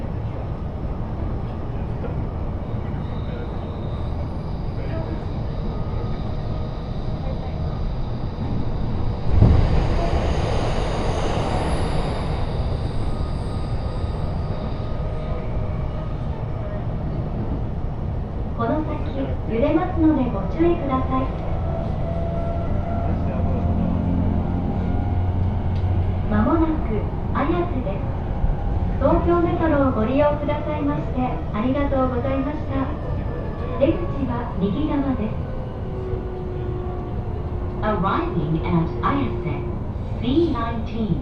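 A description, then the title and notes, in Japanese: A local commuter train runs between stations, its low steady rumble filling the clip from start to finish. Around ten seconds a brief louder hiss passes. From about twenty seconds on, a woman's voice makes announcements over the noise, continuing intermittently toward the end. 常磐線各駅停車 北千住→我孫子。各駅停車区間を走るのは東京メトロ千代田線に乗り入れる車両なので随分と異色な感じがします。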